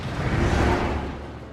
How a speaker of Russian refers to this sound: Ночь. По лесу едут военные машины.